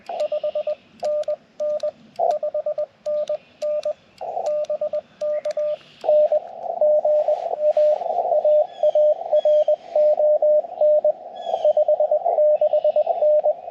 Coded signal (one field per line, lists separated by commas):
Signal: Morse code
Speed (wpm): 21 wpm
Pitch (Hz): 600 Hz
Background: radio noise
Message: 5NN 5NN BK N GA AARON 56N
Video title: CW POTA Activation with Yaesu FT-891 and Chelegance MC-750